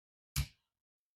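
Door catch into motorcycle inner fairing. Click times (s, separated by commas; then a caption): 0.4 s. A small plastic door catch is pushed into the painted inner fairing of a 2024 Road Glide motorcycle. A single sharp snap is heard at 0.4 seconds, and the catch seats in place.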